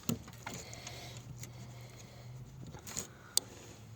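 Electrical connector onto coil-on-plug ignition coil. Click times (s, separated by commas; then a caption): 3.4 s. A plastic electrical connector is pushed back onto a coil-on-plug ignition coil over a low steady hum, with small handling clicks near 0.1 s and 3.0 s. At 3.4 s it snaps on with one sharp, bright click, and the connector is seated.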